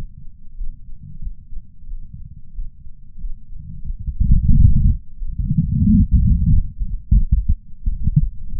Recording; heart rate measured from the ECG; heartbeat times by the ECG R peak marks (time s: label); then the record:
heart sounds by patch sensor on the chest; 91 bpm
0.55 s: heartbeat
1.20 s: heartbeat
1.86 s: heartbeat
2.53 s: heartbeat
3.18 s: heartbeat
3.83 s: heartbeat
4.49 s: heartbeat
5.16 s: heartbeat
5.82 s: heartbeat
6.47 s: heartbeat
7.14 s: heartbeat
7.81 s: heartbeat
8.46 s: heartbeat
From the record:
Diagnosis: coronary artery disease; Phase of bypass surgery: postoperative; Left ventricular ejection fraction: 63.7%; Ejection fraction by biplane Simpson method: 59.4%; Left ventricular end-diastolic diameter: 49 mm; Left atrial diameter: 35 mm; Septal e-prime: 7.3 cm/s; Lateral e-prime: 9.8 cm/s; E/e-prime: 7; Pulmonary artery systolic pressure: 20 mmHg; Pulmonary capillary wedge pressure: 4 mmHg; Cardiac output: 5.4 L/min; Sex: male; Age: 69 years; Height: 174 cm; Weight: 79 kg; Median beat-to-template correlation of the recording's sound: 0.69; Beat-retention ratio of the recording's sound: 1.00